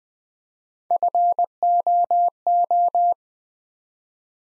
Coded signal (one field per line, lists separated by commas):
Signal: Morse code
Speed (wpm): 20 wpm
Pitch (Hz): 700 Hz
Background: none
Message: FOO